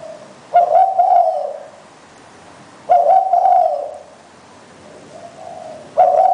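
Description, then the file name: Spotted dove cooing: loud, rough, mid-pitched coos about a second long, given at 0.5, 3 and 6 seconds, with a softer coo between. "นกเขาใหญ่"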